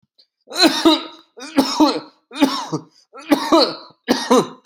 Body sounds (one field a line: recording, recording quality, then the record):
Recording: heavy voluntary cough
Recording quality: excellent, no background noise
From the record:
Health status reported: exposed to COVID-19, no respiratory illness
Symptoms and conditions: none ticked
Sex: male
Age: 41 years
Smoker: not ticked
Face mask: not worn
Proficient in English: yes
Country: United States